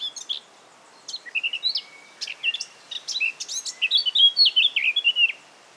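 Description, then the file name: Eurasian blackcap song, a few scratchy notes and thin whistles leading into a rich, fluty warble that grows louder and ends clearly after about five seconds. "Sylvia atricapilla"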